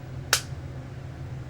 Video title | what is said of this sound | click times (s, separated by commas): Passat trunk lid mech.m4v | clips into place | 0.3 s